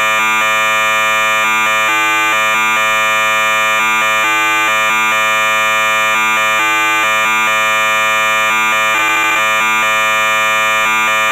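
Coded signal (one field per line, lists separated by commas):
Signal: computer data on cassette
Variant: MSX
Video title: MSX VG-8020 - SPITFIRE 40 - Cassette Tape Loading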